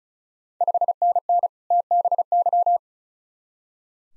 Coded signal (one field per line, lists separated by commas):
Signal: Morse code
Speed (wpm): 36 wpm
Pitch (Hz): 700 Hz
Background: none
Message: 5NN TBY